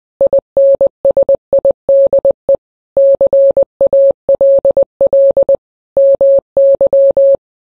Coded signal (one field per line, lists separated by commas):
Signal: Morse code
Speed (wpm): 20 wpm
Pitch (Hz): 550 Hz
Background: none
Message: INSIDE CALL MY